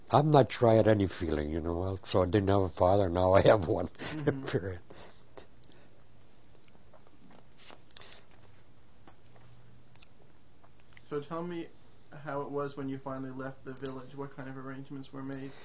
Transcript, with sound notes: I'm not sure I had any feeling, you know, I didn't have a father and now I did have one (he laughs)
So tell me how it was when you finally left the village, what kind of arrangements were made?